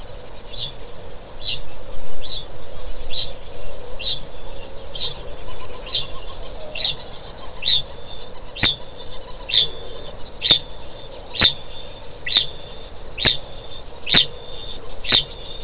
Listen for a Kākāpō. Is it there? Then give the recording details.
yes. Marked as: faintness 4/5, faintness 3/5. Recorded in New Zealand. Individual Stumpy